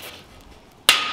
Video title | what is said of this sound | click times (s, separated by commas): INSTALLATION DES FOURRURES ESCALIER : Construire sa Maison ép187. | Hop là, le clipser comme ça, donc là, ça tient, je pense que je peux le décaler, ouais, je peux le décaler. | 0.9 s